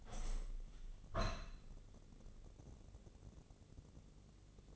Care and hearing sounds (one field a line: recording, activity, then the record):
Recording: daily activity, microphone in the room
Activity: open window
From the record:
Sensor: 4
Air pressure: 1013.2 hPa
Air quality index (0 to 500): 169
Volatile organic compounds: 2 ppm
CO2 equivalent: 1068 ppm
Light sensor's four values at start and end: 36/89/36/36 and 37/91/36/37